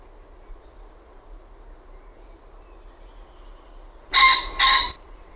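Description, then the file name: Common pheasant giving a loud, harsh two-note crow, the paired hoarse bursts back to back near the end after quiet background hiss. "FASAANI"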